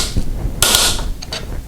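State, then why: Torque reached. A torque tool is turned on a Yakima roof rack fastener to tighten the rack adjuster to spec while installing the rack on a 2019 Hyundai Santa Fe. A loud, sharp click at 0.6 s shows the tool reaching its setting, followed by two fainter ticks near 1.2 and 1.3 s.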